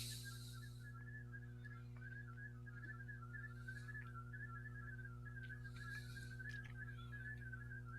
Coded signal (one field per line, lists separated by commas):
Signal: multi-tone FSK (Olivia or MFSK type)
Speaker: So, hope everybody is decoding well the VA radiogram as you see here.